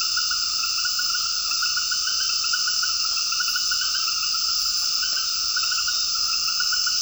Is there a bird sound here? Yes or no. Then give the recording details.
no. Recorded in dense forest near Puerto Asís, Putumayo, Colombia, on 18 February 2024 at 20:00. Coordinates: 0.481, -76.318. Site G6421